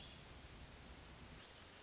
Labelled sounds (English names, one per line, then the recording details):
Hermit Thrush
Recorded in Sonoma County, California